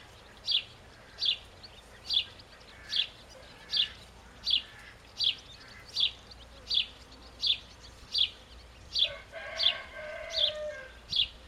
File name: Passer domesticus